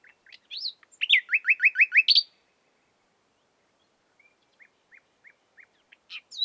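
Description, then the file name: Common nightingale song: varied chirps leading into a quick run of loud repeated downslurred notes, then a pause with soft evenly spaced short notes. "Luscinia megarhynchos"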